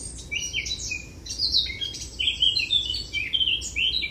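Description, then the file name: Eurasian blackcap song: fast, varied, fluting and whistled notes in an unbroken energetic stream. "Sylvia atricapilla"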